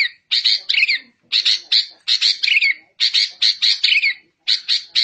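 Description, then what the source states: Bird song, loud chattering bursts of harsh buzzy notes mixed with quick whistled slurs, delivered in short phrases separated by brief pauses. Bird song used for training caged birds.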